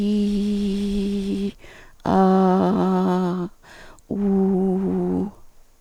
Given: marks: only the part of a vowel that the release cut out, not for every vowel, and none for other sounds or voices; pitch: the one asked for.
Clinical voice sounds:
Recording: sustained vowels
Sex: female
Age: 60 to 69 years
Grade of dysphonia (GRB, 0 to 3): 2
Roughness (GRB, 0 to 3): 1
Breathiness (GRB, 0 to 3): 2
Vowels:
0.00-1.28 s: vowel /i/, normal pitch
2.18-3.29 s: vowel /a/, normal pitch
4.20-5.17 s: vowel /u/, normal pitch
From the record:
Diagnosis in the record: psychogenic dysphonia, hyperfunctional dysphonia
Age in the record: 62 years

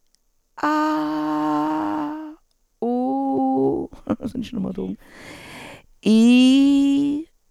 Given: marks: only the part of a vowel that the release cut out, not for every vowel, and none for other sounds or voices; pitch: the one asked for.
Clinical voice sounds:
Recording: sustained vowels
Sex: female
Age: 60 to 69 years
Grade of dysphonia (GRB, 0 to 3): 0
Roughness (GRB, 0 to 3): 0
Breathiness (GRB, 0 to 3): 0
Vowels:
0.68-1.76 s: vowel /a/, high pitch
2.87-3.64 s: vowel /u/, high pitch
6.11-7.09 s: vowel /i/, low pitch
From the record:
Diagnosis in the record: functional dysphonia, psychogenic dysphonia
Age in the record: 67 years

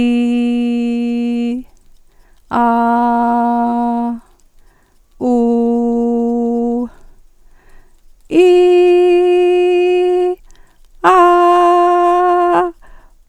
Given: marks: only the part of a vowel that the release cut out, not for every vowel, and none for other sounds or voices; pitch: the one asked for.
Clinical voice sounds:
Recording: sustained vowels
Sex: female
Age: 50 to 59 years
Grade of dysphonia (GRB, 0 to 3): 0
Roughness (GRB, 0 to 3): 0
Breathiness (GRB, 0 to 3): 0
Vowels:
0.00-1.45 s: vowel /i/, normal pitch
2.64-4.01 s: vowel /a/, normal pitch
5.35-6.72 s: vowel /u/, normal pitch
8.45-10.13 s: vowel /i/, high pitch
11.16-12.56 s: vowel /a/, high pitch
From the record:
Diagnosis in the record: psychogenic dysphonia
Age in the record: 57 years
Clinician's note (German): Ponogen

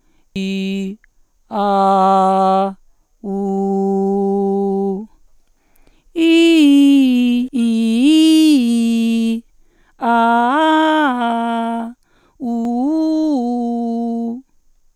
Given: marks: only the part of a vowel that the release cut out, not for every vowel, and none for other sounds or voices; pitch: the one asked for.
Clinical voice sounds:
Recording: sustained vowels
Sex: female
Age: 40 to 49 years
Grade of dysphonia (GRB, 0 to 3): 0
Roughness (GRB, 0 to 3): 0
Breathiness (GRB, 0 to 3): 0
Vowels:
0.37-0.88 s: vowel /i/, low pitch
1.58-2.64 s: vowel /a/, low pitch
3.30-4.91 s: vowel /u/, low pitch
7.63-9.30 s: vowel /i/, low-high-low pitch
10.07-11.79 s: vowel /a/, low-high-low pitch
12.65-14.27 s: vowel /u/, low-high-low pitch
From the record:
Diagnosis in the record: psychogenic dysphonia, hyperfunctional dysphonia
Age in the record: 46 years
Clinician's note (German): Ponogen mit Zustand nach 3 x Knötchenabtragung, vernarbte Stimml. mit werdender Hyperfunktion

